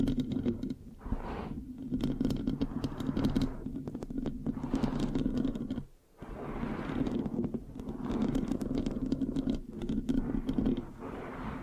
Mic Scratching, Sticky, Brain Massage Triggers (No Talking)